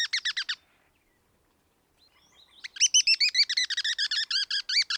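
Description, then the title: Black-crested tit-tyrant calling in rapid trills of bright, upslurred chips; a short burst, a pause, then a longer run of about two seconds. "Black-crested Tit-Tyrant (Anairetes nigrocristatus)"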